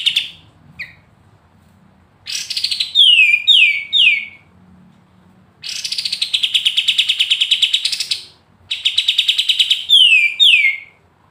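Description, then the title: Pied triller song: fast buzzy trill phrases alternating with sweeping downslurred whistles, separated by short pauses; a faint low hum throughout. Training recording; singing energetically in the brenciu style. "KAPAS TEMBAK GACOR NGEGAS BRENCIU"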